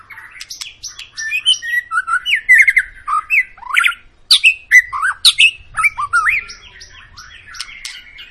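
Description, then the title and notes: White-rumped shama song with quick varied phrases, bright whistles and sharp chip notes tumbling together, fading toward the end. Long lure song (pancingan) of a gacor, actively singing white-rumped shama, played to make other birds sing. "Pancingan Murai Batu Gacor Panjang. muraiku"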